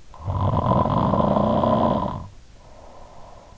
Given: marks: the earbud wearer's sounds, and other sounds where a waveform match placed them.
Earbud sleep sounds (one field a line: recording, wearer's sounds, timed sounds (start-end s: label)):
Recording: sounds in sleep by an in-ear microphone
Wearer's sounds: snoring breath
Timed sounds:
0.05-3.45 s: snoring breath